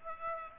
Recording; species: mosquito wingbeat signal from an infrared sensor; Aedes aegypti